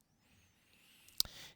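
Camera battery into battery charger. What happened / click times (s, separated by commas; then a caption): The battery snapped into its charger / 1.2 s. A camera battery is pushed into its charger and seated, because it must be put into the charger and seated rather than just laid on it. After a quiet stretch and a faint tap near 1.1 seconds, one sharp snap at 1.2 seconds marks the battery seating, followed by a short softer rustle.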